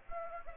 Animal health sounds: mosquito wingbeat signal from an infrared sensor; Aedes aegypti

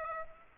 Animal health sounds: mosquito wingbeat signal from an infrared sensor; Aedes aegypti

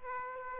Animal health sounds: mosquito wingbeat signal from an infrared sensor; Aedes aegypti

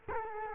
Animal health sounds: mosquito wingbeat signal from an infrared sensor; Culex quinquefasciatus

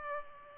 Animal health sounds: mosquito wingbeat signal from an infrared sensor; Culex pipiens

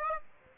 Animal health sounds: mosquito wingbeat signal from an infrared sensor; Aedes aegypti

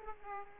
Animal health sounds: mosquito wingbeat signal from an infrared sensor; Aedes aegypti

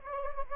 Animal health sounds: mosquito wingbeat signal from an infrared sensor; Anopheles gambiae

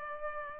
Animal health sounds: mosquito wingbeat signal from an infrared sensor; Culex pipiens

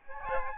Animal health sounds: mosquito wingbeat signal from an infrared sensor; Aedes albopictus

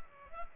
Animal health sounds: mosquito wingbeat signal from an infrared sensor; Culex pipiens

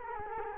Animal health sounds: mosquito wingbeat signal from an infrared sensor; Culex quinquefasciatus

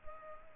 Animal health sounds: mosquito wingbeat signal from an infrared sensor; Culex pipiens

